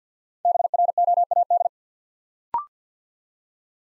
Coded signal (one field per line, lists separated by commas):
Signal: Morse code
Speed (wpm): 50 wpm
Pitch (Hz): 700 Hz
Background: none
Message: BROAD